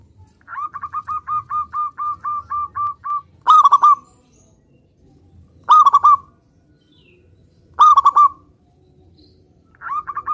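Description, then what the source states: Zebra dove song: a fast run of about a dozen even notes, then three bubbling stuttered coo phrases about two seconds apart, and a final phrase beginning. Perkutut raja song used as a lure for trapping birds.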